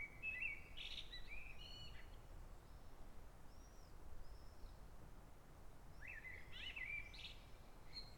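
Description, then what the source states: Birds singing, with bright chirps and short whistled notes bursting around the start and again near the end, over a steady low rumble of background noise. Forest birds at Sant Mateu, Ibiza.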